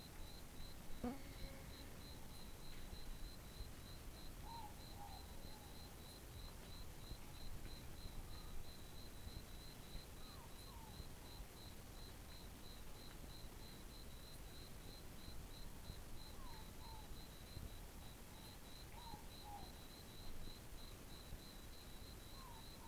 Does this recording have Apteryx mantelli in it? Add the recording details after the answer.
no. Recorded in New Zealand on 11 December 2014. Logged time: 22:44. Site CF20